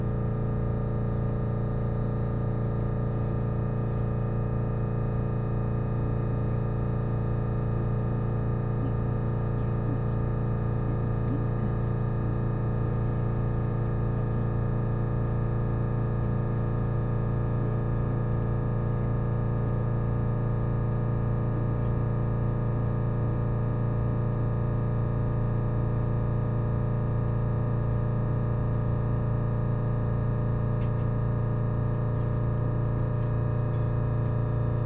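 Aboard the Resort Shirakami No. 4 train running along the Sea of Japan coast from Ajigasawa, a steady engine drone fills the recording. A deep, constant hum sits under layered tones that barely change for the whole stretch, with only faint, occasional clicks.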